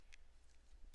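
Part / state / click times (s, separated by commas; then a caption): plastic brick piece into model jet body / seated / 0.1 s. A plastic LEGO piece is pressed onto the body of a Ninjago LEGO Lightning Jet model so it clips into the holes. A single sharp, bright click at 0.1 s marks it locking in place, followed by a few fainter ticks over a low steady hum. The piece is seated in the holes.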